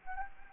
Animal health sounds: mosquito wingbeat signal from an infrared sensor; Anopheles gambiae

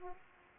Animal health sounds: mosquito wingbeat signal from an infrared sensor; Aedes aegypti

